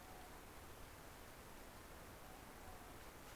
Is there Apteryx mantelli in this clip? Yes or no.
no